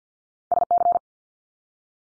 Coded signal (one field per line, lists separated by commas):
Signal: Morse code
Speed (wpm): 50 wpm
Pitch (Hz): 700 Hz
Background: none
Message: SC